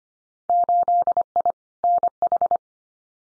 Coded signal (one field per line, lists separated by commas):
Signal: Morse code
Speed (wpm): 25 wpm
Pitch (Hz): 700 Hz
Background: none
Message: 8I NH